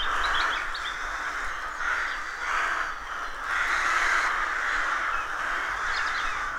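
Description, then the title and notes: Rooks cawing in a dense chorus, harsh overlapping caws swelling and easing without pause, with a few higher squeaky notes. Colony of over 300 rooks nesting in a dozen roadside trees, rural County Armagh woodland, early spring; pairs greeting, squabbling with neighbours as first chicks hatch. "Sound Escape 113: Enjoy the stirring cacophony of a rook colony. County Armagh. BBC Countryfile Magazine's Sound Escapes"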